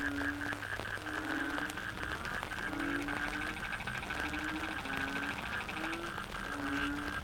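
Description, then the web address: Frogs calling in a dense chorus, short tonal notes repeated about every second over a continuous high trilling background. Frogs in the Cherating wetlands, Malaysia. "yamaha frogs cherating wetlands. malaysia"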